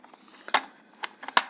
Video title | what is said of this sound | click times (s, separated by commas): TELEFON , BİLGİSAYAR , TABLET , LAPTOP , PS , TAMİR SETİ ALDIM - Jakemy JM-8139 | bastırınca yerine oturuyor | 1.4 s